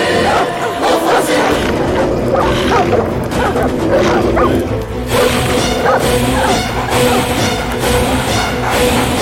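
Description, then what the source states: Dog barking in a series of sharp, rough barks scattered across the whole stretch, over a dense, steady background hiss and rumble. More than one dog, chasing.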